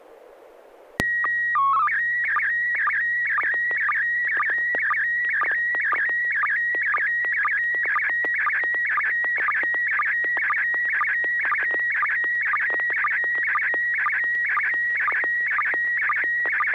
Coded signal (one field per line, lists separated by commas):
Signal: SSTV (slow-scan television)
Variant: PD 120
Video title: N6NA SSTV Net - 05/05/2021